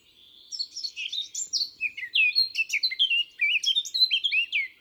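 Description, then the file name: Eurasian blackcap song: a continuous, lively warble of clear whistles and chattering notes. "Sylvia atricapilla"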